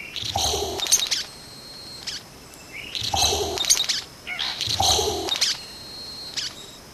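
Vogelkop bowerbird uttering three loud, grating, rasping calls, with thin high whistles in the background.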